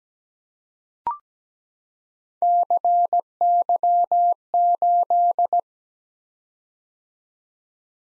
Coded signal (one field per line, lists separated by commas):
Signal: Morse code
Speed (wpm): 17 wpm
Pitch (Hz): 700 Hz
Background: none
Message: CY8